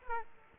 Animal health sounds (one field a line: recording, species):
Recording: mosquito wingbeat signal from an infrared sensor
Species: Aedes aegypti